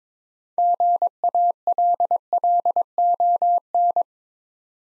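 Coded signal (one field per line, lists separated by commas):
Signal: Morse code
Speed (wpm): 22 wpm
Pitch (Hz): 700 Hz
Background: none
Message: GALLON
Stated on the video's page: Morse practice building 6-letter words two letters at a time at 22 wpm, for instant character recognition training.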